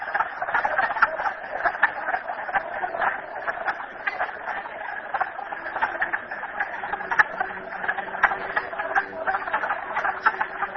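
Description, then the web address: Frogs in a dense, continuous chorus of overlapping rapid clicks and trills, steady throughout with no pauses. Frogs recorded at Merryspring. "audio frogs merryspring 42008"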